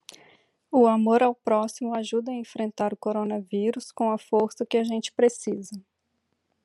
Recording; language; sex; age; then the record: spoken sentence; Brazilian Portuguese; female; 30 to 39 years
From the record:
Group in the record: control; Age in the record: 34 years